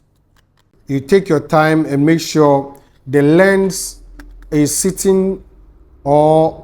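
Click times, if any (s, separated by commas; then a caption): none. A camera lens is set onto the camera body's lens mount and lined up before it is turned, taking time so it sits well on the seat. Someone talks throughout, with a few faint small clicks of handling early on, around 0.4 s and 0.6 s. The lens has not been turned and nothing has seated or clicked yet.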